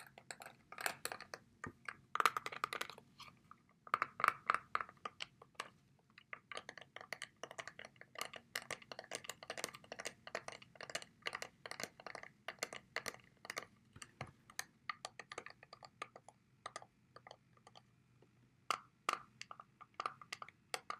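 A wireless charger being handled: dense, irregular bursts of dry plastic clicks and taps, like fiddling or typing, run the whole time with brief pauses. A faint low hum sits underneath.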